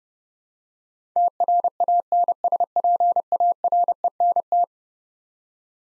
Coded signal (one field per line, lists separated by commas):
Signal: Morse code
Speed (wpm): 30 wpm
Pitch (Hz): 700 Hz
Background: none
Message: TRANSPARENT